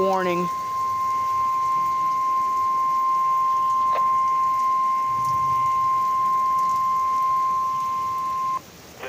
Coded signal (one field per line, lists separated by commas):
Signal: Emergency Alert System (SAME) tones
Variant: 1050 Hz attention tone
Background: speech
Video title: Eas Video Compilation (100th EAS!!!)